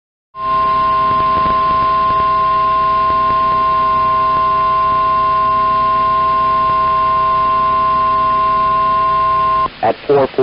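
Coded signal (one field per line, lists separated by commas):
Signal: Emergency Alert System (SAME) tones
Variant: 1050 Hz attention tone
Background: speech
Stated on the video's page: Real severe weather alerts with valid SAME headers.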